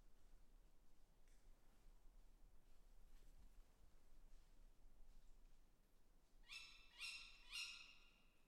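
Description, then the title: Owl calls: after about six seconds of quiet hiss, three short, bright, harmonic notes come in quick succession near the end. Owls calling overhead; recorded between 2010 and 2012 during professional travels. "Chouettes au dessus de la tete"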